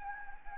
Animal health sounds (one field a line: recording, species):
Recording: mosquito wingbeat signal from an infrared sensor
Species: Anopheles gambiae